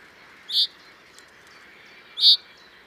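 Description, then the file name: Common chaffinch giving two brief, piercing high call notes nearly two seconds apart, with soft background noise between them. "Fringilla coelebs"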